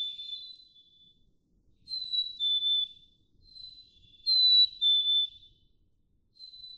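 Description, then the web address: Black-capped chickadee song: clear two-note whistles, a higher note sliding to a slightly lower one, repeated several times, with fainter overlapping whistles between louder phrases. "birdsongforthecurious songs Black-capped Chickadee"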